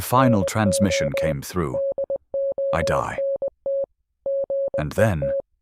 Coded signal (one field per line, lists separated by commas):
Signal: Morse code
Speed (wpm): 20 wpm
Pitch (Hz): 550 Hz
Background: speech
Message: NO DONT GET